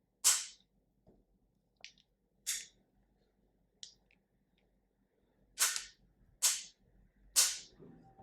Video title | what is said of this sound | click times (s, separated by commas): How to choose a tripod | angle so and if you notice when i'm coming back here you'll hear some click sounds | 1.8 s, 3.8 s